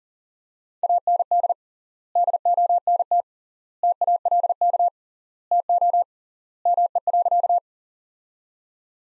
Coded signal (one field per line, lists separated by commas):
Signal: Morse code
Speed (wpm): 40 wpm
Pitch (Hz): 700 Hz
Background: none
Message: AND DONT TALK TO ME.